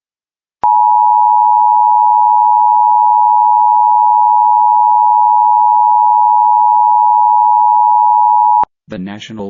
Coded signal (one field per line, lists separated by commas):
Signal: Emergency Alert System (SAME) tones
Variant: 853 and 960 Hz attention tone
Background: speech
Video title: 2 TRW (New EAS 9-10)